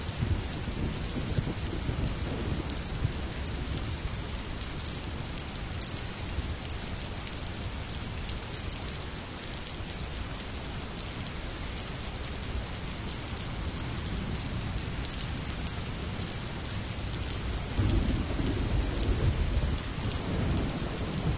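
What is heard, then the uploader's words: A rain storm pours steadily, a dense, even hiss of rain spread from low rumble to bright spatter. The low end swells in the first few seconds and again after about 18 seconds, suggesting heavier gusts or thunder beneath the constant downpour. Rain Storm.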